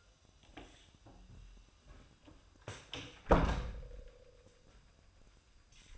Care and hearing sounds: daily activity, microphone in the room; close door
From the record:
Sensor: 2

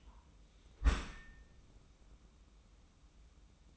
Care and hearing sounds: daily activity, microphone in the room; close dishwasher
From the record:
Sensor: 1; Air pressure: 994.4 hPa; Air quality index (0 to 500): 219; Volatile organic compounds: 1000 ppm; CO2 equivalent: 7860 ppm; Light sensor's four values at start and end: 156/359/161/180 and 156/359/161/179

